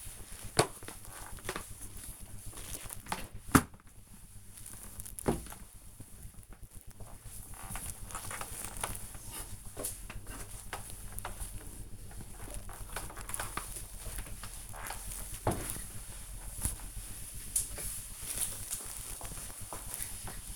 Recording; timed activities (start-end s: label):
household activities, microphone on the right wrist
0.00-20.56 s: floor cleaning